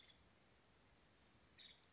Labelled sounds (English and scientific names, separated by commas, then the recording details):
Nuttall's Woodpecker (Dryobates nuttallii)
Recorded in Sonoma County, California